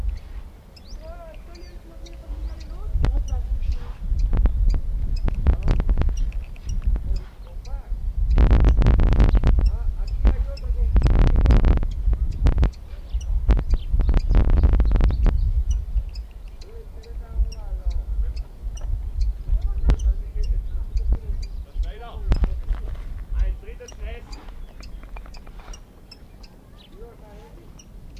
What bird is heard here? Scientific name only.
Phylloscopus canariensis